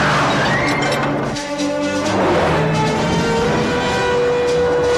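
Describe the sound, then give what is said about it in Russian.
Loud, continuous roar of cars speeding down a road, with high tires squealing in long, wavering tones as they skid through the turns and a brief dip midway before the screeching resumes. “С заносом и скрипом покрышек входят в повороты.”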